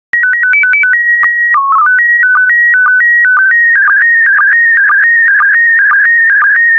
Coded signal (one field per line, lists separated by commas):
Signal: SSTV (slow-scan television)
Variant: PD 120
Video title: 163075 Nesting Birds SSTV PD120